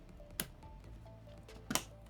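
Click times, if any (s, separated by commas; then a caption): 0.4 s, 1.8 s. A second RAM memory module is pushed into its DIMM slot on the motherboard, pressed at the bottom and then the top. Two sharp clicks are heard at 0.4 s and 1.8 s, with faint background music. The module is seated and the RAM is installed.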